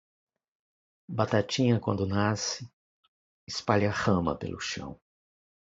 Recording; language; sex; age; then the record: short text; Brazilian Portuguese; male; 50 to 59 years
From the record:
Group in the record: control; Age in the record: 58 years